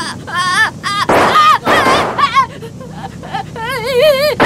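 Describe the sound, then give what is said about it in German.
Two loud, harsh gunshot blasts crack out about half a second apart, surrounded by excited, wavering shouts from several voices, as a man in the water is hit. “Er ist getroffen. Holt ihn aus dem Wasser. Keine Bewegung, Kumpel, oder es knallt nochmal.”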